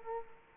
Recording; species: mosquito wingbeat signal from an infrared sensor; Culex quinquefasciatus